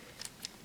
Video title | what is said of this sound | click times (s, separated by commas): Digivolving Peckmon Review (Digimon Data Squad) | you put it in you want to make sure that switch then until you hear a click like that otherwise | 0.4 s